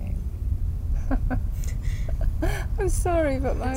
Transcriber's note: laughs